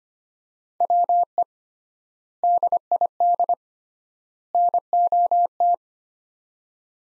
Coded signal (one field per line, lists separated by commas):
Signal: Morse code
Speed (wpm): 25 wpm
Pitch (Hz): 700 Hz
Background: none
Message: WE DID NOT